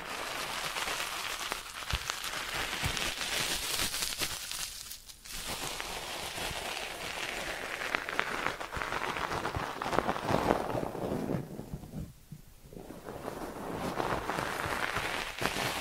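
Ear cleaning triggers: a dense, crackling rustle and scratching that runs almost without pause, bright and hissy with a low rumbling underneath. The sound thins out briefly around five seconds and again near twelve seconds before building back up.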